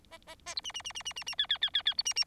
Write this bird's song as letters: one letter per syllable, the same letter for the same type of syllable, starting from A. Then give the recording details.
A A A B C C C C C C C D D D D D B C C. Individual Bird4